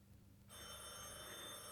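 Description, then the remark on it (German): After a half-second of low hum, a telephone bell starts ringing: a continuous, bright metallic trill with high harmonic tones, sustained steadily to the end without any voices. “Telefon.”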